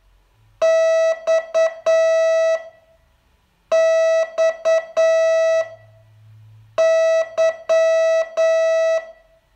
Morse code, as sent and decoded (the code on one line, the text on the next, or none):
-..- / -..- / -.--
X X Y